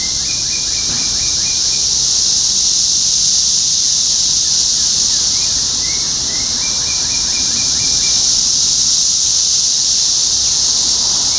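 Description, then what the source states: A dense cicada buzz fills the background while series of quick, repeated chirps come at the start and middle. Topeka, Kansas; 14 June 2015.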